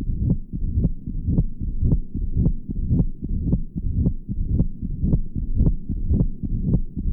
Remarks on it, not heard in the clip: Has mitral stenosis. The recording is taken in the mitral area. The murmur that you can hear is a mitral diastolic murmur. There is also present an atrial systolic accentuation of this murmur with loud first sound, and opening snap is also present.